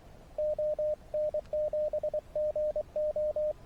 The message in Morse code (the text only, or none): ON7GO